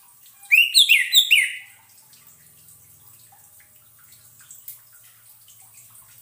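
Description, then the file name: Orange-headed thrush sings a quick, jerky phrase of bright whistled notes, followed by several seconds of near silence with faint background ticks. Used as a lure sound, intended to keep the bird from becoming stressed. "suara pancingan burung anis merah agar tidak stress"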